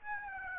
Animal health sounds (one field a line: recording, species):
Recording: mosquito wingbeat signal from an infrared sensor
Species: Aedes aegypti